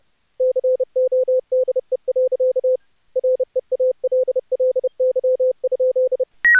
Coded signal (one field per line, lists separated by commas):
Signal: Morse code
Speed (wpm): 30 wpm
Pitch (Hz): 510 Hz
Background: none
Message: CODE. REALLY?